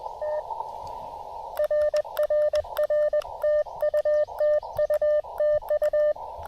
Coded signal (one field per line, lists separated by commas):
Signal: Morse code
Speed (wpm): 21 wpm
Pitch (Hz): 600 Hz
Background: none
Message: T RRR TU TU TU